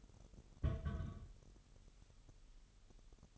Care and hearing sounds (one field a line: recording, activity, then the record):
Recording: daily activity, microphone in the room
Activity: place on stove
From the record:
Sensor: 4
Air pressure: 989.1 hPa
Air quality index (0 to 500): 209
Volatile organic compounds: 58 ppm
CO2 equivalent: 3390 ppm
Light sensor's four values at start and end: 29/99/37/39 and 29/99/37/39